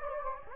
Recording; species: mosquito wingbeat signal from an infrared sensor; Anopheles gambiae